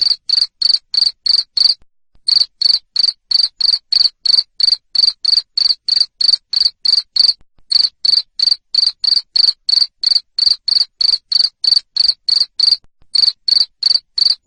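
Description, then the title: Cricket chirping, sharp high pulses repeated about three times a second in a steady run, with a few brief pauses; no other sounds. Loud cricket chirping (ngerik), used to make lovebirds keep singing their ngekek song. "Suara JANGKRIK NGERIK Keras Bikin LOVEBIRD Jadi NGEKEK Terus Vubey"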